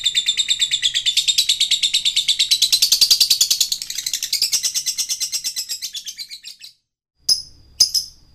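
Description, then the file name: Lovebird trill: a long, fast rattling series of high pulses lasting several seconds and slowly fading, then a short pause and a few sharp squawks. Male lovebird; Indonesian 'gacor' meaning it sings continuously and energetically. "suara lovebird jantan gacor"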